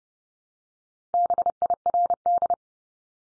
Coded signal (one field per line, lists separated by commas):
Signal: Morse code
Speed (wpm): 30 wpm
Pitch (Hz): 700 Hz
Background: none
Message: BIRD